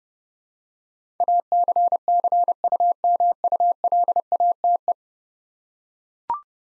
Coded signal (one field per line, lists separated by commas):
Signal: Morse code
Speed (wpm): 32 wpm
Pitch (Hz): 700 Hz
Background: none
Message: ACCUMULATE